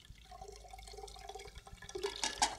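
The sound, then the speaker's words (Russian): A running tap splashes steadily with a bubbling, hissy stream, growing louder toward the end with a brief squeaky tone as the faucet is turned. No voices. “Вера выключает воду.”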